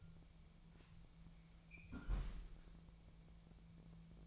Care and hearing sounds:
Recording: daily activity, microphone in the room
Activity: close fridge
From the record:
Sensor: 1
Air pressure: 1000.0 hPa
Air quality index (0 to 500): 137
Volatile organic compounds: 2 ppm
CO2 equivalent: 1288 ppm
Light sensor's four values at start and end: 29/73/31/37 and 29/74/31/37

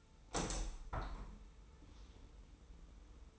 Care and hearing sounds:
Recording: daily activity, microphone in the room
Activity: open window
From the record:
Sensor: 1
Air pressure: 990.3 hPa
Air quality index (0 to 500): 172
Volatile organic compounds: 1000 ppm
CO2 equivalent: 6304 ppm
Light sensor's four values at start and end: 22/48/21/22 and 22/50/21/23

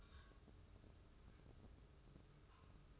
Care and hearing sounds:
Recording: daily activity, microphone in the room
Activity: take from stove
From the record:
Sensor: 2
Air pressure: 995.3 hPa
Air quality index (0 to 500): 81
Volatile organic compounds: 3 ppm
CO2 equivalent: 1457 ppm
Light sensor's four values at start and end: 23/74/29/28 and 23/74/29/28

